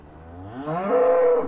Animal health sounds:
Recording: contact call of a hoofed animal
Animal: cattle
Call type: low-frequency (closed-mouth) or high-frequency (open-mouth) call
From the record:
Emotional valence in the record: negative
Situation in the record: full separation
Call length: 1.48 s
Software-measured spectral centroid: 940 Hz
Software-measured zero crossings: 1010 a second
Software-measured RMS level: -22 dBFS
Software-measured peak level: -10 dBFS

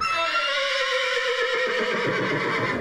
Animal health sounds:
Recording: contact call of a hoofed animal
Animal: horse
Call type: whinny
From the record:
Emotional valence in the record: negative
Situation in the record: group separation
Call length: 2.9 s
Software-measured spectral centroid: 2380 Hz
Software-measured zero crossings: 3390 a second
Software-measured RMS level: -24 dBFS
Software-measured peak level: -11 dBFS

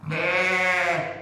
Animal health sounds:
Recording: contact call of a hoofed animal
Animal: sheep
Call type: low-frequency (closed-mouth) or high-frequency (open-mouth) call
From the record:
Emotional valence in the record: negative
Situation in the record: short social isolation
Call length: 1.21 s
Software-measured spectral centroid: 2230 Hz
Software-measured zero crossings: 2840 a second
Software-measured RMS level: -24 dBFS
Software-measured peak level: -9 dBFS

